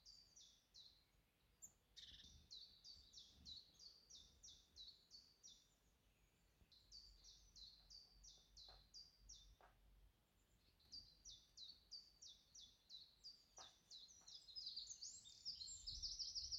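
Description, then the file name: Bird repeats short, high, sharp notes in quick runs, stopping and restarting several times, ending with a louder, busier stretch of calling. "hvilken fugl"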